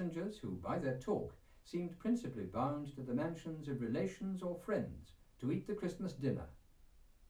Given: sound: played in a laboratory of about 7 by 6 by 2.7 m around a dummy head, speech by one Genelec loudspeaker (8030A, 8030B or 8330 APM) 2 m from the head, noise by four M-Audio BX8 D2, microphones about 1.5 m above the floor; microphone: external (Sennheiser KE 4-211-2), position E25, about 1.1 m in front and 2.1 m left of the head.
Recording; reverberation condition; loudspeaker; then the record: male speech in English; low; 60 degrees to the right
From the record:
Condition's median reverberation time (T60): about 310 ms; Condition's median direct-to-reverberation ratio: about 3.5 dB